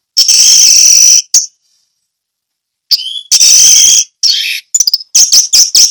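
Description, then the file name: Orange-headed thrush singing loud, harsh, strident phrases, long rasping bursts broken by silence, then a quick run of short sharp notes and squeaky whistles. Ngeplong song style. "anis merah ngeplong"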